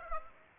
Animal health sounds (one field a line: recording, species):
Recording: mosquito wingbeat signal from an infrared sensor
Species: Aedes aegypti